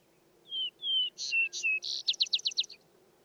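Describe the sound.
Vesper sparrow song: two slow, clear whistled notes, then a few higher slurred notes, ending in a quick series of bright trilled notes.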